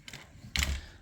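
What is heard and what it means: Two halves of a homemade boomerang mold, the "tripal," are fitted into each other using holes drilled in them. A couple of faint light knocks come first, then a sharp, louder contact at 0.6 s with a brief rattle after it. The halves nest perfectly together, seated.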